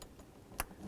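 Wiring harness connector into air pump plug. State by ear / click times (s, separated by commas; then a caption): seated / 0.6 s. An electrical wiring harness connector is pushed together into the air pump plug on a 2000-2005 Buick LeSabre during a driver's side transmission mount replacement. After a quiet lead-in with a faint tick near the start, one sharp, bright click sounds at 0.6 s. The connector is seated and ready to be tugged to confirm it is secure.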